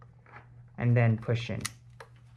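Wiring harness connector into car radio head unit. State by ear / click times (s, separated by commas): not seated / none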